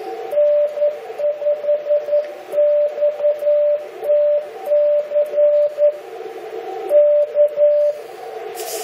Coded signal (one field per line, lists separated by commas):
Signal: Morse code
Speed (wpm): 11 wpm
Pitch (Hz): 590 Hz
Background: radio noise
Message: N5XTC K